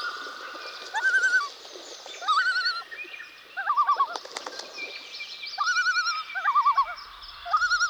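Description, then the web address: Common loon giving quavering tremolo notes in several short bursts. "Dan Gibson Call Of The Loon"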